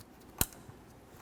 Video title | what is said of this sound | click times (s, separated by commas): How to Replace Passenger Side Mirror 2001-2005 Ford Explorer Sport Trac | again listen for a click | 0.4 s